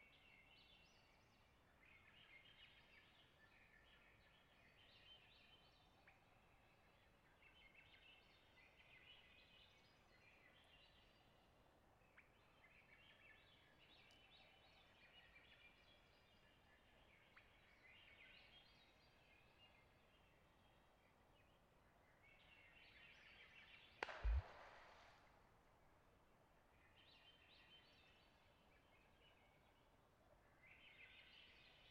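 Twilight in springtime boreal forest, with a soft, steady hiss of low background noise. Repeated bursts of mid-pitched calls, likely birds, come every second or two. A brief loud knock or thump stands out near the twenty-four second mark.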